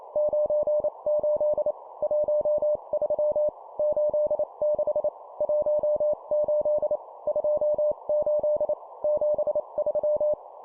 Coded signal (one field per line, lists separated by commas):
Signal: Morse code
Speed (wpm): 28 wpm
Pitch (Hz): 600 Hz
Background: none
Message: 98 13 86 18 28 73